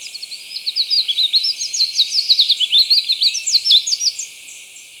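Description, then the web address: Spectacled Whitestart singing a lively, twittering stream of high chips and short slurred notes, several per second, building in strength then trailing off after about four seconds. Recorded in Ecuador. "Natures Songs S America Birds of Ecuador. Spectacled Whitestart"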